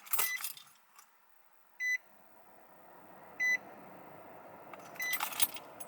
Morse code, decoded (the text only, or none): none